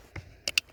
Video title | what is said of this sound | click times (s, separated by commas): How to Change the VW Golf Faulty Accelerator Pedal. VW Accelerator Throttle Pedal Replacement Job | there we go here the click | 0.6 s